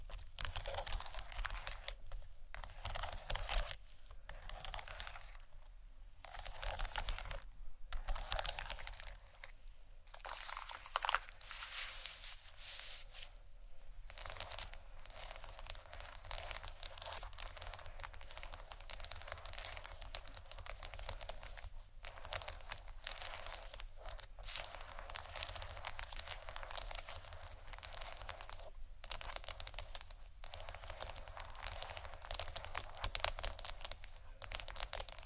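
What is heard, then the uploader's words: Hard tiles are scraped and rubbed against each other, a bright gritty scratching that runs almost continuously. In the first fourteen seconds it breaks into short bursts with brief silent gaps, then settles into denser, steadier scraping with occasional pauses. Tiles Scratch & Tap (stone, seashell, glass, etc) (No Talking).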